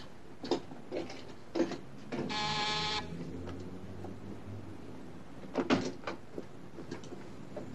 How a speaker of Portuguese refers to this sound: Caramba! Por que você tinha que abrir a porta? Não podia esperar pela bruxa?